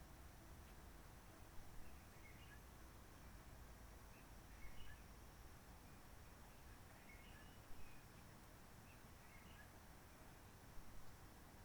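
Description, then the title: Réunion bulbul song: faint short whistled notes around the upper-middle pitch, given in small scattered bursts every few seconds over a steady low rumbling background hiss. Roche Merveilleuse, Réunion; forest quiet from 19 March 2020 lockdown, no people, microlights or helicopters; blue sky and sun; birds not very active; sings simpler short phrases, adapted to aircraft noise. "Roche Merveilleuse, Réunion - Merle de lîle de la Réunion."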